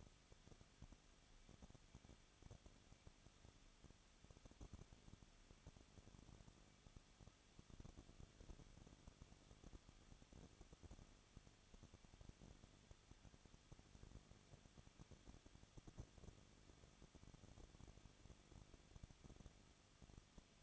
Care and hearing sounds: daily activity, microphone in the room; no activity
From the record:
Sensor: 4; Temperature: 23.0 degrees Celsius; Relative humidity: 34.6%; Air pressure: 1007.2 hPa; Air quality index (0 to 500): 216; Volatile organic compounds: 15 ppm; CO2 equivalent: 2500 ppm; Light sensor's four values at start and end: 2/3/1/1 and 2/3/1/1

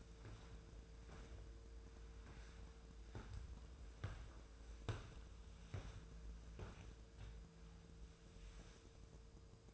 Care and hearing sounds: daily activity, microphone in the room; walk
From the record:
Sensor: 2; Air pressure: 1005.2 hPa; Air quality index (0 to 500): 102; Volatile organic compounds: 2 ppm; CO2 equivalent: 1241 ppm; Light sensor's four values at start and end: 8/19/8/8 and 8/20/8/8

